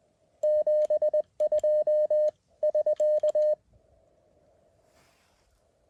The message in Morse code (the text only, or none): 72 <SK>